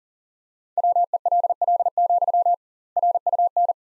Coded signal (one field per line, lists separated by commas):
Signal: Morse code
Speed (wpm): 40 wpm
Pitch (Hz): 700 Hz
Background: none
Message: WELL, RUN